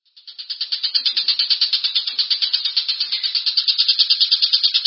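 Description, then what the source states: Long-tailed shrike song: a dense, harsh, rapid chattering rattle of pulsed notes, steady and high-pitched throughout. Combination (kombinasi) song style, used for training songbirds.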